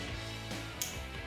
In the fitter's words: il clique. Vous entendez le clic ?